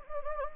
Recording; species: mosquito wingbeat signal from an infrared sensor; Anopheles gambiae